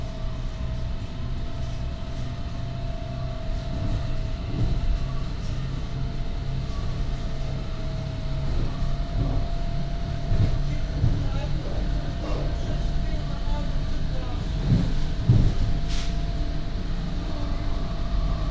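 A train rumbles steadily, low and dense, with a sustained tone humming above and scattered knocks and thumps, one sharper clunk near fifteen seconds.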